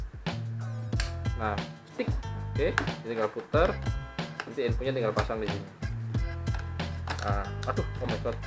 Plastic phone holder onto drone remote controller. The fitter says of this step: ke atas ya tapi yang benar melengkungnya ke bawah nah ini ditekan nanti ada bunyi klik